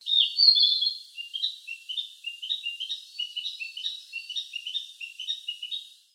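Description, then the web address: Bird giving a quick series of high chirping notes, an emphatic opening burst followed by steady rapid chirps for about six seconds. "Sound Effects-Foundation 1 BIRD 02 CALL 04"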